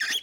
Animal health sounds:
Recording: pig call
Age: piglet (1 to 25 days)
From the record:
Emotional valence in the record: negative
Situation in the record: long isolation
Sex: male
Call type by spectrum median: high-frequency call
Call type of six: low-frequency tonal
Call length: 0.23 s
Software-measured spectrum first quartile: 1873 Hz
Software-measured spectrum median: 3041 Hz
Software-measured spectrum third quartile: 4247 Hz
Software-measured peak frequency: 3348 Hz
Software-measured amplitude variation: 170 dB a second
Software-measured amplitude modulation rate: 17.4 a second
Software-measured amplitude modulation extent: 9.8 dB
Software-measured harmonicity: 8.6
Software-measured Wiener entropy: -3.13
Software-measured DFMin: 981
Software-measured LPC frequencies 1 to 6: 1721, 3343, 5151, 6228, 9338, 9872 Hz

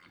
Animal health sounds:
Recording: pig call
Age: piglet (1 to 25 days)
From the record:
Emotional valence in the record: positive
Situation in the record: short reunion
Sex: female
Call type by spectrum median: low-frequency call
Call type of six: low-frequency tonal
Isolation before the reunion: 3 minutes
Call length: 0.11 s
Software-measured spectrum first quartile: 712 Hz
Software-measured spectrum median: 1527 Hz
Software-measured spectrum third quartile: 2467 Hz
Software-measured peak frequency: 2111 Hz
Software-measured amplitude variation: 76 dB a second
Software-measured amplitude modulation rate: 8.9 a second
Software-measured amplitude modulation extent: 8.5 dB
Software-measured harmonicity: 0.6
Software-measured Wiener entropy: -0.80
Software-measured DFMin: 623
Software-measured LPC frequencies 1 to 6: 1342, 2118, 3020, 3594, 4485, 6723 Hz

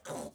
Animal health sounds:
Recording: pig call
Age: piglet (1 to 25 days)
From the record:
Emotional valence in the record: negative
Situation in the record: restrain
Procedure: back test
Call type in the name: low-frequency call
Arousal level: maximum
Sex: female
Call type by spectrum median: low-frequency call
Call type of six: low-frequency stable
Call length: 0.35 s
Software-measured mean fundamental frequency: 69 Hz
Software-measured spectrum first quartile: 495 Hz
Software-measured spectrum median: 1057 Hz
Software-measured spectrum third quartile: 5183 Hz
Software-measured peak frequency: 576 Hz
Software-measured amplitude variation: 168 dB a second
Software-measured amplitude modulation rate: 21.4 a second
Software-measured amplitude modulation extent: 7.9 dB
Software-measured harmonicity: 4.7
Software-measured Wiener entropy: -2.88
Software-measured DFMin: 1087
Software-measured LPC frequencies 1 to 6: 593, 3762, 6115, 7064, 8045, 8453 Hz

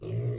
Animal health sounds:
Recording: pig call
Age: weaner (32 to 43 days)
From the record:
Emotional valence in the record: negative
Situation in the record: short isolation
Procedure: open field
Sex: female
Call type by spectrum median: low-frequency call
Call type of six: low-frequency stable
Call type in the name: low-frequency stable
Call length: 0.39 s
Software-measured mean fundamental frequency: 57 Hz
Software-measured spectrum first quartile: 117 Hz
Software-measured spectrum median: 176 Hz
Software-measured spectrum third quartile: 446 Hz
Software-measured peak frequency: 122 Hz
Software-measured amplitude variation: 98 dB a second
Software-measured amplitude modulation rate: 16.7 a second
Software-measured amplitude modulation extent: 5.8 dB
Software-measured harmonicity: -3.4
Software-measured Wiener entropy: -0.45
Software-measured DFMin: 708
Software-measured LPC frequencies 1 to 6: 348, 2092, 2800, 3854, 5730, 6563 Hz

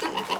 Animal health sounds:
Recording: pig call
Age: piglet (1 to 25 days)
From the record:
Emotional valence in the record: positive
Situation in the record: huddling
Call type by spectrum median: low-frequency call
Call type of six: low-frequency tonal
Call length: 0.39 s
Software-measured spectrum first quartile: 733 Hz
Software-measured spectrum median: 1260 Hz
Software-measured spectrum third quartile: 2928 Hz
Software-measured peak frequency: 969 Hz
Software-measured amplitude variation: 169 dB a second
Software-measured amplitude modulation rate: 15.2 a second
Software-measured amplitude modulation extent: 11.1 dB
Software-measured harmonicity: 1.7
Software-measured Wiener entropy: -1.34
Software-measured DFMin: 821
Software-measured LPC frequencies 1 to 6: 962, 1889, 2884, 4570, 6173, 6869 Hz

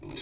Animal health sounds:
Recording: pig call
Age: weaner (32 to 43 days)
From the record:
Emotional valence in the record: negative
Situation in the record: long isolation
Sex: female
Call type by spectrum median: high-frequency call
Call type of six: mixed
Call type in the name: high-frequency modulated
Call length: 0.22 s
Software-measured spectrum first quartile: 1269 Hz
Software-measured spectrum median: 4801 Hz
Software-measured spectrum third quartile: 6481 Hz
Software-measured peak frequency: 4993 Hz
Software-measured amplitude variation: 136 dB a second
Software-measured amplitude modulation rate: 27.8 a second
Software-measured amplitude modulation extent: 4.9 dB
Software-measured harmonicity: 1.2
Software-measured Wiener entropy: -3.07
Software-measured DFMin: 1004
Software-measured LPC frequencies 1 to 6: 1439, 2386, 3712, 4992, 6529, 6955 Hz

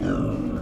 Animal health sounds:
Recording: pig call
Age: growing-finishing pig (85 days or more)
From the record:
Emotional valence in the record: negative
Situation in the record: barren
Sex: male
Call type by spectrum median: low-frequency call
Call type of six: low-frequency modulated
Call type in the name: low-frequency modulated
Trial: 2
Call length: 0.62 s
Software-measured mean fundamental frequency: 52 Hz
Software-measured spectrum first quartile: 173 Hz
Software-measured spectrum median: 281 Hz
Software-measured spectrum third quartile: 506 Hz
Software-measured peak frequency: 272 Hz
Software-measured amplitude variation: 143 dB a second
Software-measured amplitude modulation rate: 34.6 a second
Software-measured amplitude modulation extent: 4.1 dB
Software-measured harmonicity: -0.2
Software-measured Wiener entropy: -0.70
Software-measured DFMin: 1511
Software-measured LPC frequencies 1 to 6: 331, 1371, 2725, 4740, 5608, 6464 Hz

